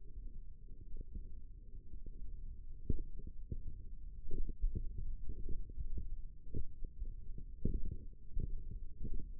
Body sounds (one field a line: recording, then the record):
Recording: forearm muscle sounds (acoustic myography)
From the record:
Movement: tripod grip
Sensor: system 1, eight BSWA MPA416 microphones around the upper forearm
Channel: 5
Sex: female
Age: 21 years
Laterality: right